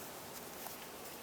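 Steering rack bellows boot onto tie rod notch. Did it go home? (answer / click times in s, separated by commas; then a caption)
no / none. A rubber steering rack bellows boot is handled as it is slid onto the tie rod of a 2005-2009 Subaru Outback toward its notch. The clip holds a low, steady rubbing and handling noise with one brief soft tap around 0.7 s. Nothing has seated or clicked yet.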